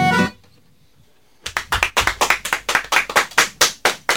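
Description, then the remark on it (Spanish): After a brief sound and a second of silence, loud audience applause breaks out, with quick, sharp, overlapping claps that keep a steady pace until the end. “Fuertísimo ese aplauso.”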